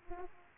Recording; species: mosquito wingbeat signal from an infrared sensor; Aedes aegypti